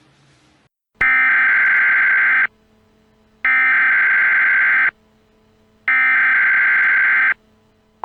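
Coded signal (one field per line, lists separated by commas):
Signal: Emergency Alert System (SAME) tones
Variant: header bursts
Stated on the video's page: Fictional EAS scenario containing valid SAME tones.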